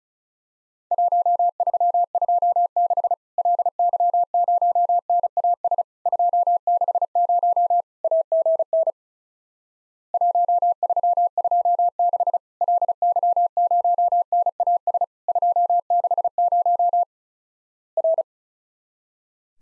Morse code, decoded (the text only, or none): 1326 LY0NAS 260 AGN 1326 LY0NAS 260 R